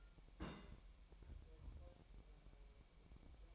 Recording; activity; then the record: daily activity, microphone in the room; place on stove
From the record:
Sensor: 1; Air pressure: 1002.0 hPa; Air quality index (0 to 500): 247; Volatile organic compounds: 51 ppm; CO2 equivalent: 3310 ppm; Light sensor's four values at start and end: 5/12/5/6 and 5/12/5/6